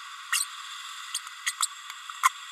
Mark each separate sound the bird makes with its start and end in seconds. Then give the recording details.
0.32-0.45, 1.14-1.19, 1.46-1.53, 1.60-1.67, 2.23-2.29. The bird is a female. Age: 30 days. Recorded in a nest box in Venezuela. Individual 17B32A7